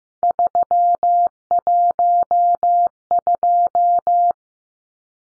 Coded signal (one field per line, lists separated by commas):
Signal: Morse code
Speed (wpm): 15 wpm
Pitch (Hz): 700 Hz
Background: none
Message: 312